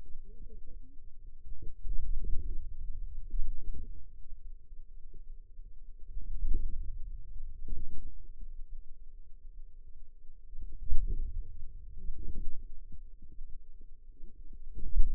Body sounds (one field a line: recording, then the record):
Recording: forearm muscle sounds (acoustic myography)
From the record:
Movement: radial deviation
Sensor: system 2, bracelet of six BSWA MPA416 microphones around the upper forearm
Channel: 2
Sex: female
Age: 21 years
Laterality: right